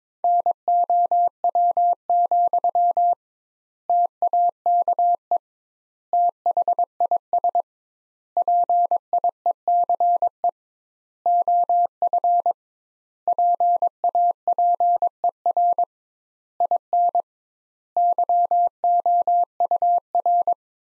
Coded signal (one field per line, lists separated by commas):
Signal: Morse code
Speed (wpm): 22 wpm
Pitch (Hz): 700 Hz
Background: none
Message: NOW, TAKE THIS PIECE OF PAPER IN YOUR